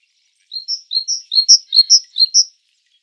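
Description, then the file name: Great tit song: about five quick two-note phrases, a lower note then a higher one, repeated rapidly for two seconds in a clean, quiet setting. "Parus major"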